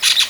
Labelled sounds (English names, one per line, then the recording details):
Brown-throated Parakeet contact call
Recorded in Venezuela
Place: Guárico; Corozopando; Fundo La Fe
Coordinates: 8.506, -67.593